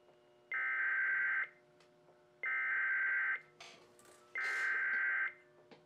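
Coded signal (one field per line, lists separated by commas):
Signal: Emergency Alert System (SAME) tones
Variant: header bursts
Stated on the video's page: Civil emergency message relayed on a station using Sage Endec, EASyPLUS and TFT units; demonstration, not a real broadcast alert.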